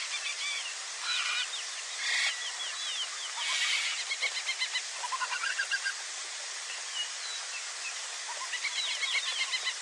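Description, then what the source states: A flock of birds calling, with dense overlapping chirps, buzzy trills and curved whistles, plus loud hiss bursts near the start over continuous background noise. Many birds calling together.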